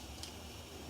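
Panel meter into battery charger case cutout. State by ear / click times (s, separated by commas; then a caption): not seated / none. A digital volt/amp panel meter is pressed into a cutout in a battery charger case. A brief, sharp transient near 0.2 s rises over a steady low hum. Nothing has seated or clicked yet.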